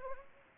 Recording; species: mosquito wingbeat signal from an infrared sensor; Anopheles gambiae